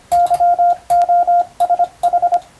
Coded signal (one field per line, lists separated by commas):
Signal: Morse code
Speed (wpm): 26 wpm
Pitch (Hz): 700 Hz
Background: radio noise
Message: YOSH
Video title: 無線従事者国家試験総合無線通信士電気通信術のトレーニングにＣＷを打ってみました。アマチュア無線ハムの受信練習にもどうぞ(morse code practice for radio operator )